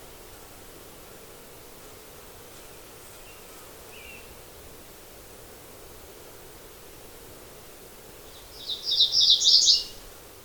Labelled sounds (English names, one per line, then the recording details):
MacGillivray's Warbler song
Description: MacGillivray's Warbler song recorded on the Gem Lake Trail in Rocky Mountain National Park
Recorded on 22 June 2015